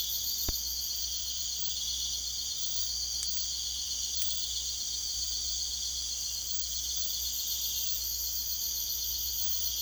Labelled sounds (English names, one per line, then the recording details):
none
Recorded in secondary vegetation near Puerto Asís, Putumayo, Colombia, on 22 June 2025
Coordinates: 0.488, -76.319
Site G094